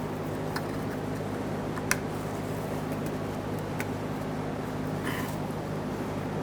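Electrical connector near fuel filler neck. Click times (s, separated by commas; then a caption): 1.9 s. An electrical connector above the fuel filler neck of a 2013-2020 Ford Fusion 2.0L L4 is lined up and pressed in during a fuel pump module assembly replacement. It gives a sharp click at 1.9 s, with fainter ticks at 0.6, 1.8 and 3.8 s, over a steady low hum. The connector is seated.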